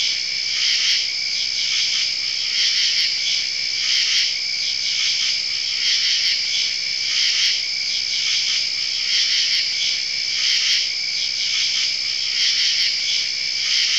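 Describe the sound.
Crickets in a dense, continuous high-pitched chorus, with steady trilling bands and faint ticking pulses recurring about once a second.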